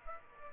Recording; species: mosquito wingbeat signal from an infrared sensor; Aedes aegypti